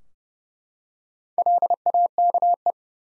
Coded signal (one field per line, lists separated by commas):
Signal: Morse code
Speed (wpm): 32 wpm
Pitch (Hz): 700 Hz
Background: none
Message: LAKE